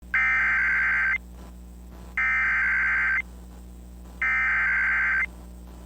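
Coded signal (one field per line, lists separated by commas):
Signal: Emergency Alert System (SAME) tones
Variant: header bursts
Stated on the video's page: Severe thunderstorm warning alert tones.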